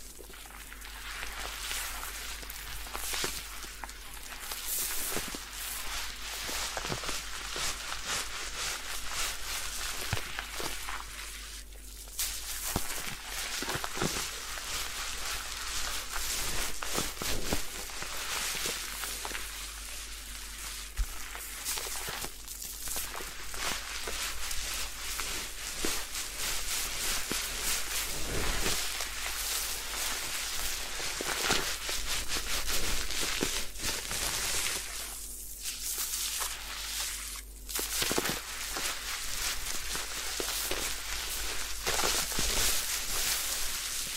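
A head spa hair wash with massage and ear cleaning: a dense, steady hiss of water and rubbing fills the whole 44 seconds, bright and crackly. Sharp clicks and scratchy bursts recur irregularly, with brief dips near 12, 22 and 36 seconds, over a constant low hum.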